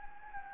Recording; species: mosquito wingbeat signal from an infrared sensor; Anopheles gambiae